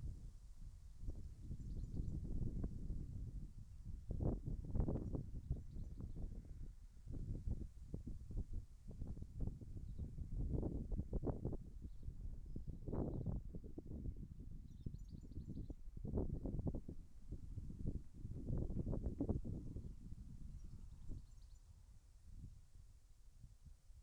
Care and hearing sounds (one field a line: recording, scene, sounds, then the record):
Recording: everyday scene through a hearing-aid microphone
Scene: wind on the microphone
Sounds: wind, birds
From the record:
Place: in front of a rural house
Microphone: behind the ear, left, rear